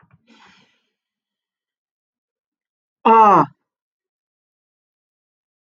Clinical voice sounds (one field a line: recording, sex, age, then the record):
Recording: vowel held as long as possible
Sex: male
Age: 30 to 39 years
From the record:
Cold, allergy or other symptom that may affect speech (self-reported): no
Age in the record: 34 years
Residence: New York, United States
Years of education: 16